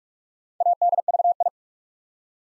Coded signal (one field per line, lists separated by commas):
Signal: Morse code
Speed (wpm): 44 wpm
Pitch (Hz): 700 Hz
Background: none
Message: ADVI